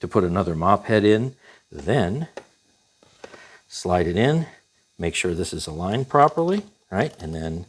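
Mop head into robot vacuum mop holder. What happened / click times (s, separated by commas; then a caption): The mop head is being slid in and lined up but has not clicked home yet / none. A replacement mop head is slid into the mop holder of a eufy S1 Pro robot vacuum and mopper and lined up while someone talks. Nothing has seated or clicked yet; the clip ends just before the part goes home.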